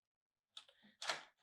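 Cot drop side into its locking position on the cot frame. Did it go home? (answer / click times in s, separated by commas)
yes / 1.0 s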